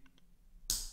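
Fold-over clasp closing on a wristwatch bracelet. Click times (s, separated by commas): 0.7 s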